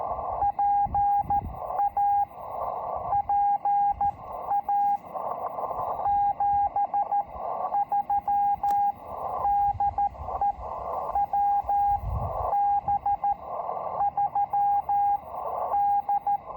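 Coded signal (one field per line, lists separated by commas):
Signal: Morse code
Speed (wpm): 13 wpm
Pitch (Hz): 810 Hz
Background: radio noise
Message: PA PA 73 DE WB3D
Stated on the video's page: First CW Parks on the Air activation at the Marconi station site, Cape Cod, using a Kenwood TS-440SAT and an MFJ trainer straight key.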